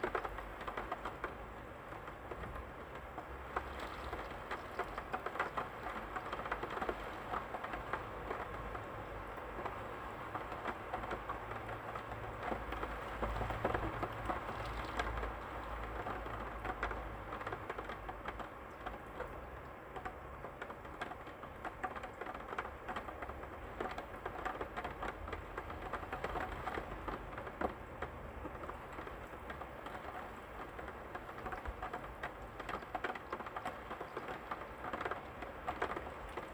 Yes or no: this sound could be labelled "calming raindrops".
yes